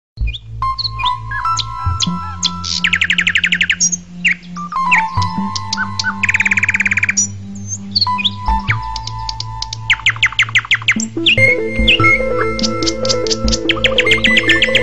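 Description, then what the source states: Bird chirps and fast trilled twitters set over a synthetic musical backing of steady bass notes and melodic tones, with trill bursts recurring every few seconds. Ringtone.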